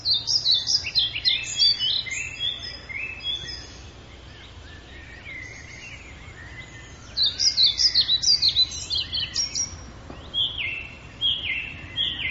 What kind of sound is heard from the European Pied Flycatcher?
song